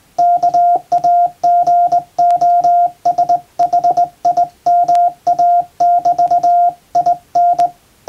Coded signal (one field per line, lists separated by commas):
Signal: Morse code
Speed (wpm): 20 wpm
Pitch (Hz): 700 Hz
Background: none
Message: KAGOSHIMA <BT> IN